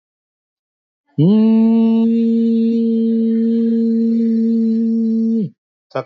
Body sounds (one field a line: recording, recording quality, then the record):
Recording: sustained vowel as in boot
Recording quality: moderate, slight background noise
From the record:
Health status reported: recovered from COVID-19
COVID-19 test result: positive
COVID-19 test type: RT-PCR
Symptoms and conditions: cough, cold, sore throat, fever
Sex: male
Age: 41 years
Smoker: no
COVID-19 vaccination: both doses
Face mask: not worn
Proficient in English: no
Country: India